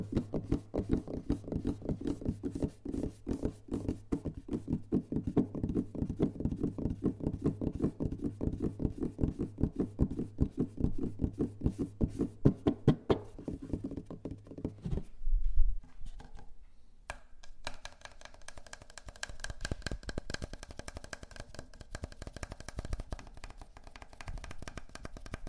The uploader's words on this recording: In this episode, listen to the sound of gentle finger tapping on different objects. Soft Finger Tapping.